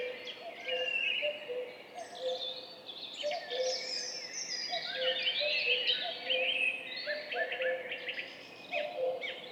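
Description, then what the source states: Common cuckoo calls, low two-note cu-coo phrases repeated in overlapping series, beneath a dense, busy chorus of high twittering and whistling songbirds. Duet of two cuckoos at dawn, 5:20, 14 May 2019, in spring, on Piste aux espagnols, Val Maravel; stereo recording made with a MixPre-3 and MKH 8020 microphones.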